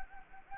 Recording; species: mosquito wingbeat signal from an infrared sensor; Anopheles gambiae